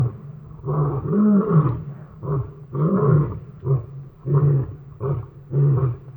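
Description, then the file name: Lion roaring in a series of deep, throaty grunts, with longer, heavier bursts early on. Lions roaring in Botswana, May 2015. "Lions-dramatically-roaring-Botswana-May-2015"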